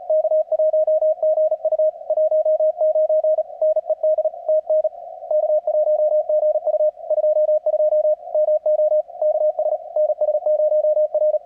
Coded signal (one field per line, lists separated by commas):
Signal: Morse code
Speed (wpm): 37 wpm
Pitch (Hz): 620 Hz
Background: radio noise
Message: K1GU 19 NED TN K1GU 22 MO KS NS0R